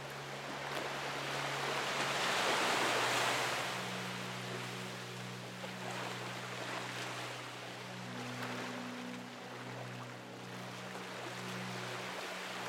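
Ocean waves wash in steadily, with a soft rushing surge that swells around two to four seconds and then eases. Beneath the surf, low sustained tones hold and shift slowly, like gentle held chords, changing pitch a few times through the clip.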